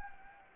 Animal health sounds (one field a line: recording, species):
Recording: mosquito wingbeat signal from an infrared sensor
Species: Anopheles gambiae